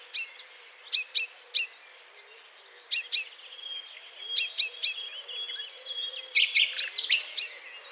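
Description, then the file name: Common chaffinch calls: short sharp high chinks given in twos and threes at irregular intervals, with a thin drawn-out whistle and a denser run of calls near the end. "Fringilla coelebs"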